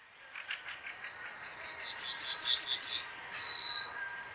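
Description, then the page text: Pine bunting song: a few soft high notes, then a quick series of several bright, sharp, repeated notes, ending with a thin high whistle and a lower drawn-out tone. "Pine Bunting Song. Quick Sounds library"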